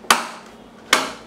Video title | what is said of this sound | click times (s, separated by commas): Evenflo 3-in-1 High chair: Review and How to Use | know insecure see here two clicks and here | 0.1 s, 0.9 s